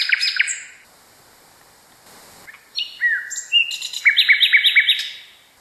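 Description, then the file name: Common nightingale singing varied phrases: a brief high rattle, silence, then slurred whistles leading into a rhythmic series of sharp rising notes. Song variation number 6. "kicauan-nightingale-a-variasi 6-omkicau"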